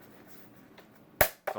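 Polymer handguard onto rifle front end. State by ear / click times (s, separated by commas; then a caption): seated / 1.2 s. A wide polymer handguard is lined up with the hole and pushed onto the front end of a PTR-91 rifle. A faint tap at 0.8 s is followed by a loud, sharp snap at 1.2 s and a quieter click at 1.5 s. The handguard seats tightly in place.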